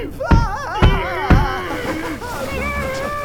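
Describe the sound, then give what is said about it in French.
Someone cries with joy in high, wavering, sobbing wails, broken by three dull thumps in the first second and a half, then continuing in quieter, trembling moans. “Moi aussi j'en pleure de joie.”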